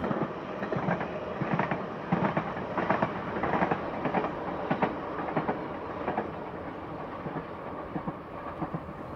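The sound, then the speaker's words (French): Two trains roll past one after the other on the rails, each with its own rhythm, a steady loud rumble with a repeating clatter of wheels over track joints, irregular bursts of clacking spread throughout. No voices. “Et deux trains qui passent à la suite n'ont pas le même rythme.”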